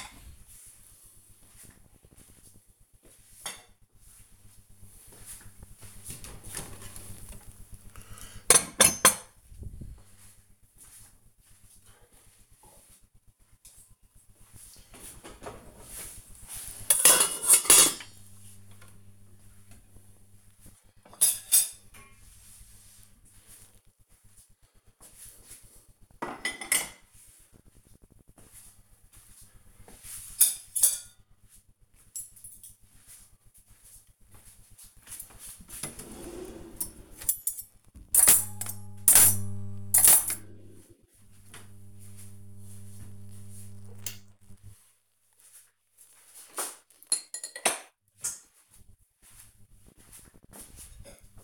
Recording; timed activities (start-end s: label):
household activities, microphone on the right wrist
0.00-51.44 s: putting away the dishes